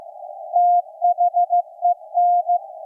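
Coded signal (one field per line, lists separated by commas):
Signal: Morse code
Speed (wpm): 15 wpm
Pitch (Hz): 700 Hz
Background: none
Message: THEN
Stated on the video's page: Maritime coast station KPH reactivated for Night of Nights, CW on shortwave received with an SDRplay RSP1A.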